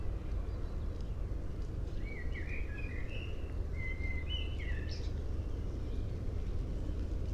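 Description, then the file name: Common blackbird delivering a single mellow warbled phrase midway, ending in a high squeaky flourish, against a steady low background hum. "Turdus merula"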